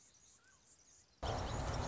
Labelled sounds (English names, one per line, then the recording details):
Anna's Hummingbird
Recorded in Sonoma County, California